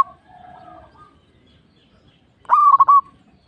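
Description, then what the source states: Zebra dove song: a single rapid, stuttering cooing phrase after a quiet stretch of faint, drawn-out lower notes. Local (lokal) bird.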